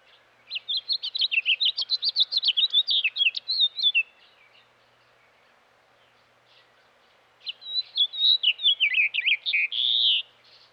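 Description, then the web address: House Finch song: a long, lively warble of quick varied chirps and slurred notes lasting several seconds, a silent gap, then another rambling phrase ending on a buzzy note. Western North America. "Dan Gibson Wildlife Identification By Sound, Western North America. House Finch"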